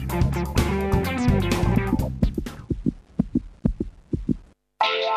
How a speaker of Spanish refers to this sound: Cuando arrimás la oreja a La Colectiva, vas a escuchar latidos.